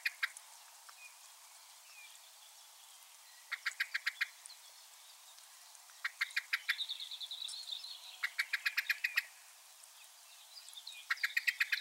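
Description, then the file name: Common blackbird chinking in quick clicking runs, several separate bursts, while a thin steady whistle and other small birds sing in the background. "Turdus merula"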